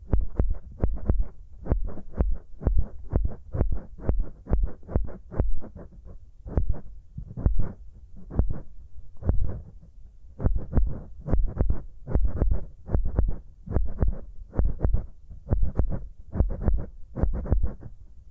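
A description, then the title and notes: Ear picking that sounds like a heartbeat: a steady run of low, muffled thumps, roughly three or four a second, with brief gaps near six and ten seconds. Each thump is dull and deep, with a faint scratchy rustle between strokes. Pure ear picking, heartbeat simulation.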